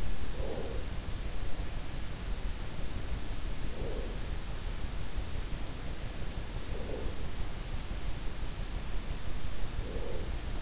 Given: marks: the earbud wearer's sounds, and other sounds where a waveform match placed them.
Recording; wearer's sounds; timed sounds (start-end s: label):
sounds in sleep by an in-ear microphone; breath
0.00-1.00 s: breath
3.41-4.52 s: breath
6.33-7.57 s: breath
9.75-10.62 s: breath